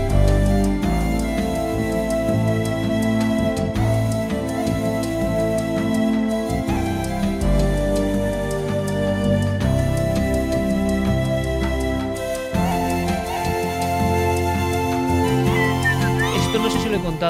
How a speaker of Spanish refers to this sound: Esta es una de las músicas más bonitas y que estuvo a punto de ser la música de cabecera de Milenio 3 en 2002.